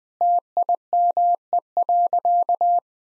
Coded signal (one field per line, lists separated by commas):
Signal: Morse code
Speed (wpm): 21 wpm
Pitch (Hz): 700 Hz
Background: none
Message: TIME.